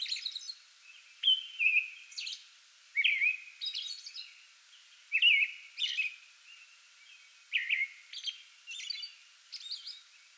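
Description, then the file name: American robin singing clustered whistled phrases with high squeaky notes, in bursts separated by short silences. Pre-dawn song bout, 8 May 2022. "2022-05-08 American Robin pre-dawn song bout"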